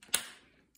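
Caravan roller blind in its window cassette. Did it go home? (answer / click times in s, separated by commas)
yes / 0.1 s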